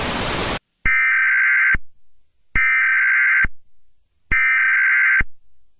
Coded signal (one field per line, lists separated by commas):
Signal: Emergency Alert System (SAME) tones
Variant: header bursts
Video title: EAS Scenario - 2nd Civil War